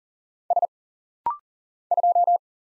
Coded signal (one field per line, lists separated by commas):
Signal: Morse code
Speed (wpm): 40 wpm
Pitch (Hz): 700 Hz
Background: none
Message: S 2